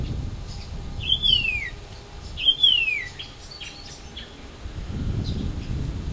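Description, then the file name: White-eared monarch giving two clear descending whistled notes, followed by fainter calls amid low background noise. Recorded in August. "White-eared Monarch aug 08"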